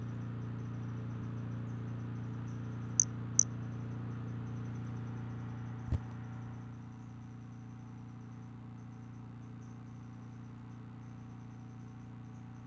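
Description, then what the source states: White-lined pumpkin toadlet call: a pair of sharp, high-pitched notes near three seconds, close together, with a single click later over a constant low hum. Individual 13; unvouchered specimen.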